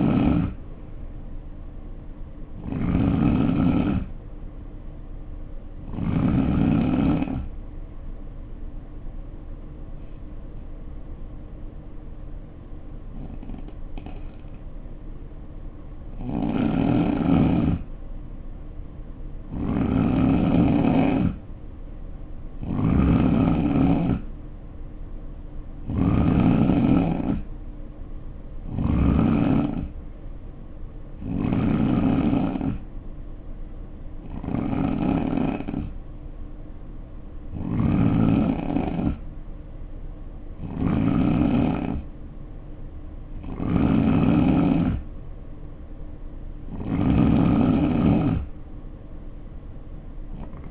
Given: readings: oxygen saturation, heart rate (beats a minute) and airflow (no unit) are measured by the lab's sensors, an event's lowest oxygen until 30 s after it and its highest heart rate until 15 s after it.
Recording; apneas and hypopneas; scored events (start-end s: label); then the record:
breathing in sleep by a smartphone at the bedside; 1
8.00-23.80 s: hypopnea (N3, oxygen 92% highest, then 86% lowest, heart rate 60 at the start, 71 highest)
From the record:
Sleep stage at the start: N3 (deep sleep); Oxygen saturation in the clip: 86 to 92%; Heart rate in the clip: 59 to 71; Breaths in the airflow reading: 16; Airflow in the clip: -5.1 to 2.9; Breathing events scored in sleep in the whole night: 520 in 7.2 hours asleep